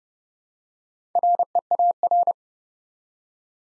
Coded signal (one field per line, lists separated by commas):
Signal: Morse code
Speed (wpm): 30 wpm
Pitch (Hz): 700 Hz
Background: none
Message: REAR